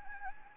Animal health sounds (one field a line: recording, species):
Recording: mosquito wingbeat signal from an infrared sensor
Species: Anopheles gambiae